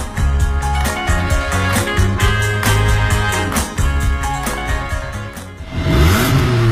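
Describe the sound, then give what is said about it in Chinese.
A car engine revs and accelerates over a steady, driving musical beat, its loud roar climbing sharply in pitch near the end. “加足马力，准备进入潮流座驾快车通道。”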